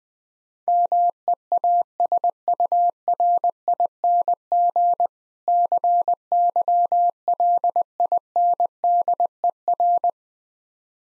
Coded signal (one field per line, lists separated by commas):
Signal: Morse code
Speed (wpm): 20 wpm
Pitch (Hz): 700 Hz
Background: none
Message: MEASURING CYLINDER